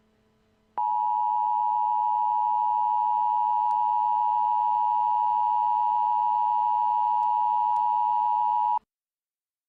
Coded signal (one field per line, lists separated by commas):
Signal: Emergency Alert System (SAME) tones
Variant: 853 and 960 Hz attention tone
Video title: EAS Mock Airplane Disaster! REMADE